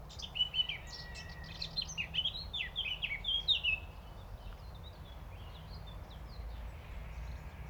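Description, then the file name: Eurasian blackcap gives a short warbled song of mixed scratchy and clear whistled notes for almost four seconds, then only a low background drone remains. "Sylvia atricapilla"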